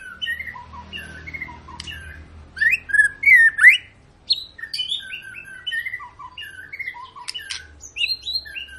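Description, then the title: White-rumped shama singing varied whistled phrases, some buzzy and looping, with a louder burst of slurred notes midway and quieter chatter between phrases. Long lure song of a gacor white-rumped shama, used to make birds sing. "Pancingan Murai Batu Gacor Panjang"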